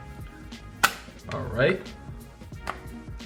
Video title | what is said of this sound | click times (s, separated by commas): iPhone 14 Pro Humixx Case Review | really easy to plop on and it snaps in place perfectly | 0.8 s